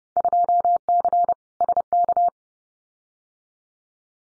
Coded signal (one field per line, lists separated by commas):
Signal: Morse code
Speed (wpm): 30 wpm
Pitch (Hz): 700 Hz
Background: none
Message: 2C SK